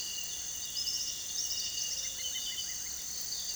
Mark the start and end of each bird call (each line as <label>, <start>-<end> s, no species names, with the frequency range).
bird call (1.5-3.0 kHz), 2.02-2.90 s